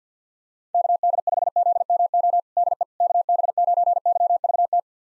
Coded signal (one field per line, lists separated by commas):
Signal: Morse code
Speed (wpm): 50 wpm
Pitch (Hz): 700 Hz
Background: none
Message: KD5ZMO DE KB9YVT